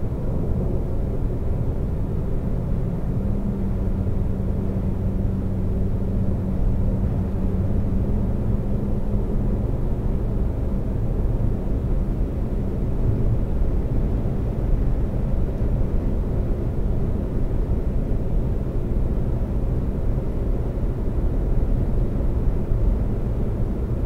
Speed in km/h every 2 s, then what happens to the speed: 119, 119, 121, 122, 124, 127, 129, 129, 129, 130, 130, 130.
0-24 speeds up to 130.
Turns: none.